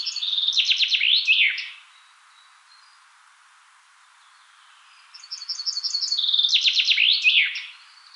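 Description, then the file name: Common chaffinch song, two bright descending trilled phrases separated by a pause, each ending in a sharp flourish. "Fringilla coelebs"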